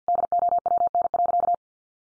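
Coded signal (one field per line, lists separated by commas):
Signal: Morse code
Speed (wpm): 50 wpm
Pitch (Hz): 700 Hz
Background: none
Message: DOWN.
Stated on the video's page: Head-copy sentence drill at 50 wpm, each sentence sent in Morse, spoken, then sent again.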